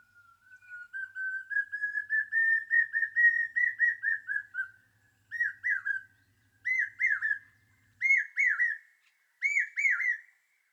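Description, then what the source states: Common hawk-cuckoo song: loud whistled notes gradually rising in pitch, first a long run of notes, then separate bursts of about three notes repeated every second or so. Brain fever bird; notes escalate to a crescendo; call rendered as repeated 'brain fever' or 'Oh Lord, how very hot it is getting'; sung at the hottest times of day, in rising morning heat.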